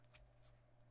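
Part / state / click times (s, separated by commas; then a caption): metal kickstand into phone case back / not seated / none. A metal kickstand on a phone case for a Samsung Galaxy S24 Ultra is being folded back shut into the case back. Soft rustling handling sounds come over a steady low hum, with brief brighter scrapes near 0.2 and 0.5 seconds. The clip ends before the kickstand goes home, so nothing has seated or clicked yet.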